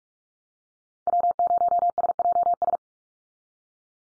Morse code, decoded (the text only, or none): W0SJS